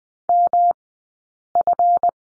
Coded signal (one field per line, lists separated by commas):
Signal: Morse code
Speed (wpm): 20 wpm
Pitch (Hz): 700 Hz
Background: none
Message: MF